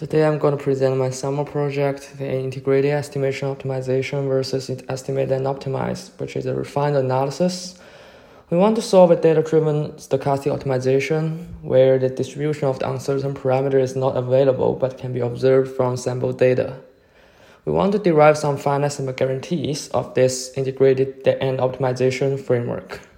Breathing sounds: free speech after running; male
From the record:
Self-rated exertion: light exertion (2 of 6); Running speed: 6 miles an hour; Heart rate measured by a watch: 113 beats a minute at the start, 109 at the end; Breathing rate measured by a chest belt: 9 breaths a minute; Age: 23 years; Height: 172 cm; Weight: 64 kg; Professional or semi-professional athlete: yes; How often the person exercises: 3 to 5 times a week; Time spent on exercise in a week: 2 to 3 hours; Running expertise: no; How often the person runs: 1 to 2 times a week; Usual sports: running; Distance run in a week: 15 km

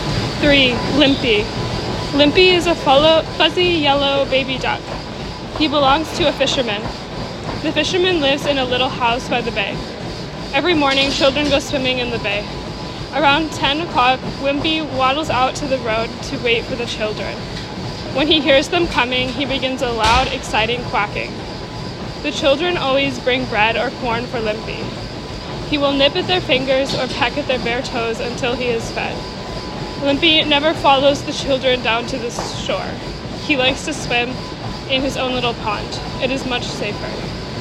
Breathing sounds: reading aloud after running; female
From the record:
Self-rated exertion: moderate exertion (3 of 6); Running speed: 7 miles an hour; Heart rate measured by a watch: 144 beats a minute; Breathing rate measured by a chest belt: 16 breaths a minute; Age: 20 years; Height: 160 cm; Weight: 56 kg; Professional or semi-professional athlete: no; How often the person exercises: 3 to 5 times a week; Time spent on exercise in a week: 3 to 4 hours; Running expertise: yes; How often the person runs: 1 to 2 times a week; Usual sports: running, swimming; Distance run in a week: 15 km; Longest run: 20 km

